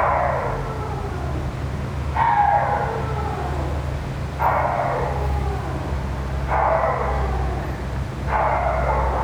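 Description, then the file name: Dog crying in five whines roughly every two seconds, each starting high and sliding down, over a steady low machine hum. Dog crying near a ventilation system. "francisco meirino - a dog crying near a ventilation system"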